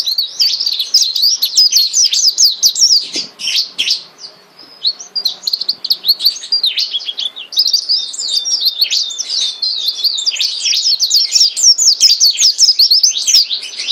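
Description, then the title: White-eye pouring out an energetic high-pitched warbling song, dense rapid chirps and twitters with brief gaps, then a sustained lively stretch to the end. Yellow-breasted white-eye singing vigorously (gacor). "Pleci Mata Putih Dada Kuning Gacor Dor"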